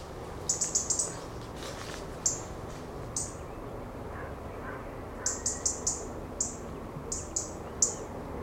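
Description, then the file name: European robin calls: sharp high ticks in quick runs and singly or in pairs, spaced irregularly. "Erithacus rubecula"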